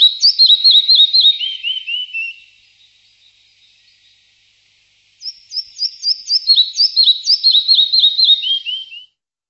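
Bird song, high rapid trills of sharp downslurred notes ending in lower slurred notes, two bursts separated by a few seconds of silence.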